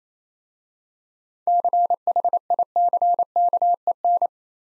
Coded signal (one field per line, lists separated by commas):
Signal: Morse code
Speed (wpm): 27 wpm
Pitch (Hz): 700 Hz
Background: none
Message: CHICKEN